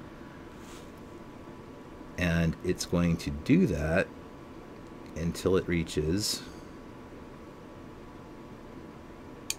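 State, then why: Seated. Someone talks over a low steady background hiss while the hammer of a partly disassembled Taurus 82 .38 Special revolver is slowly drawn back by hand. At 9.5 s a short, sharp, solid click sounds as the hammer's sear cut catches on the edge of the trigger. The hammer locks into the cocked position.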